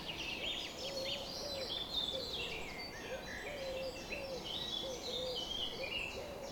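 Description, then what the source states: Birds in a dawn chorus: a soft, low, two-part cooing phrase repeats several times under high, thin twittering from several birds, with a steady background hiss. Bird chorus on a summer morning, recorded at 4:40 am.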